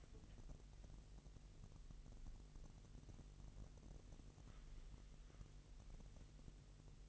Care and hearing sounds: daily activity, microphone in the room; wipe stove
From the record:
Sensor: 4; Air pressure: 1001.8 hPa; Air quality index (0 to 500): 247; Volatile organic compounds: 40 ppm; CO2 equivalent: 3155 ppm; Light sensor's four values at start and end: 8/18/7/6 and 8/17/6/6

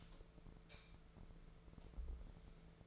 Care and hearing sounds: daily activity, microphone in the room; light off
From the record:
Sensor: 5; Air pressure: 1014.8 hPa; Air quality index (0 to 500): 173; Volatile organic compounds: 6 ppm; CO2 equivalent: 1904 ppm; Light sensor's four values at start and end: 102/246/105/116 and 102/241/103/114

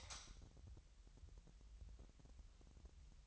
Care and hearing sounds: daily activity, microphone in the room; light on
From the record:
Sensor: 3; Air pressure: 1001.9 hPa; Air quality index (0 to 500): 244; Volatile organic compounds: 46 ppm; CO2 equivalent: 3238 ppm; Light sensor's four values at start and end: 6/13/5/5 and 11/31/13/12

